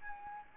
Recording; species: mosquito wingbeat signal from an infrared sensor; Anopheles arabiensis